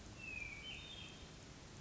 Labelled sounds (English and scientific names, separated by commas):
Hermit Thrush (Catharus guttatus)